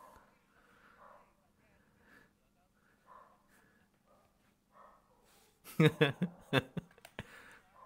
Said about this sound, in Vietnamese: Đấy bạn bạn có nghe thấy tiếng chó sủa không bạn này? Đấy, bên ngoài con chó nó sủa đấy.